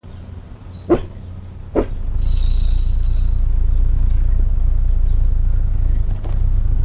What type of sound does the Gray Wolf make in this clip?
barking